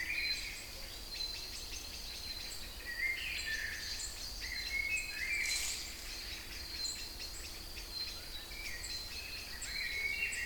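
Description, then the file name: Songbirds give short warbling phrases at intervals over a continuous high hum and background noise. Kouri Forest, Thessaloniki (Salonika), Greece; recorded 22 05 12 at 18:35. "Singing Birds Kouri Forest Salonika 22 05 12 18 35"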